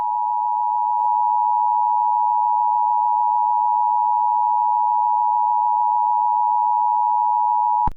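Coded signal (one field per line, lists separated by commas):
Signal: Emergency Alert System (SAME) tones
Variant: 853 and 960 Hz attention tone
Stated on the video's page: Fictional EAS scenario.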